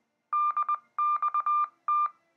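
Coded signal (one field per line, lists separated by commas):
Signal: Morse code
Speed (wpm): 20 wpm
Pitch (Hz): 1200 Hz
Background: none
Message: DXT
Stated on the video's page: Morse ident from a 2-meter simplex repeater on 147.480 MHz, no PL, 3 watts, using a Yaesu VX-8DR handheld.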